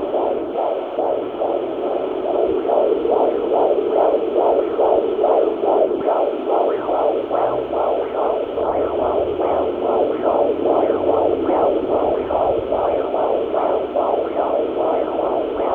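Rapid, regular whooshing pulses at about 140 a minute, with a steady hum behind them: a baby's heartbeat in the womb picked up by Doppler, the rate within the usual fetal range.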